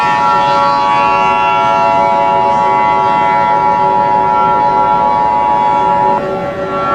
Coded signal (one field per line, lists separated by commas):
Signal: Emergency Alert System (SAME) tones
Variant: 853 and 960 Hz attention tone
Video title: EAS SCENARIO: Life After Giants. (Credit to @KingDX21 for making LAG)